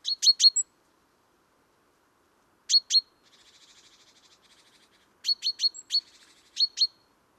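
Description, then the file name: Great tit calls: quick clusters of two to four sharp, high ticking notes, with a soft buzzy churr in between and a couple of thin whistled notes. "Parus major"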